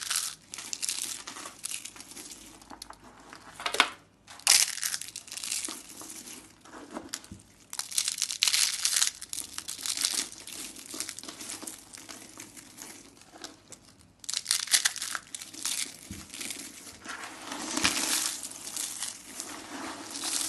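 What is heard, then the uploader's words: Soap being crushed, a dense run of gritty crinkling and crumbling that swells and eases in uneven bursts. Brief pauses come near 4 and 14 seconds, with sharper crunches around 3.8 and 17.5 seconds. ASMR SOAP CRUSHING COMPILATION.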